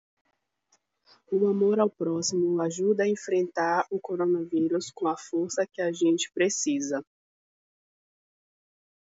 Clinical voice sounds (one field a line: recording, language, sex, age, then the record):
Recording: spoken sentence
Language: Brazilian Portuguese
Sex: female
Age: 20 to 29 years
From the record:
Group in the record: control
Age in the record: 23 years